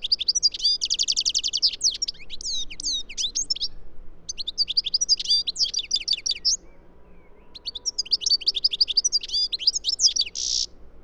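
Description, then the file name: European goldfinch song: three bursts of fast, tinkling, twittering notes mixed with buzzy trills, separated by short pauses, over a low steady background hum. "Carduelis carduelis"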